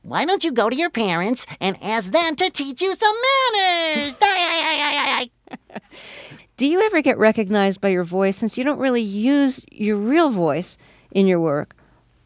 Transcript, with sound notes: Why don't you go to your parents and ask them to teach you some manners.
(Laughter) Do you ever get recognized by your voice, since you don't really use your real voice in your work?